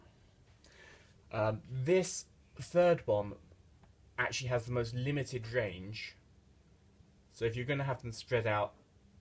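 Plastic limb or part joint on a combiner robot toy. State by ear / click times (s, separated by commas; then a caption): not seated / none. A movable plastic limb joint on a large plastic JinBao Predaking transforming combiner toy is handled by hand while someone talks about its limited range. The part is being moved toward its locking position, but it has not yet seated or clicked by the end of the clip.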